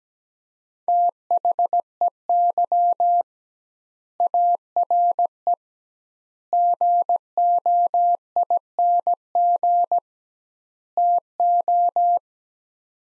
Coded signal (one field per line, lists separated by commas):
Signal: Morse code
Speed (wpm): 17 wpm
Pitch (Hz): 700 Hz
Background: none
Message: THEY ARE GOING TO